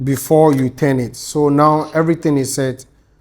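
A manual lens is set on a camera body mount while someone talks, with speech filling most of the clip and trailing off into quiet near the end. The lens has not been twisted yet, and nothing has seated or clicked so far; the mount lock click comes later as the sign it is in position.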